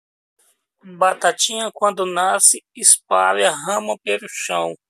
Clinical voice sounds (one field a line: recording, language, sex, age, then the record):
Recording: short text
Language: Brazilian Portuguese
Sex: male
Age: 30 to 39 years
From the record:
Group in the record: control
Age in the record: 39 years